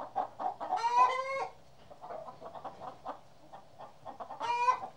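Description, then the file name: Chickens give soft, scattered clucks between two loud, raspy squawks, one early and one at the close. More than one chicken. "kury"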